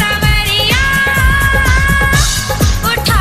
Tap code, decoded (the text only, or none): none